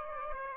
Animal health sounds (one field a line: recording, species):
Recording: mosquito wingbeat signal from an infrared sensor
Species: Aedes aegypti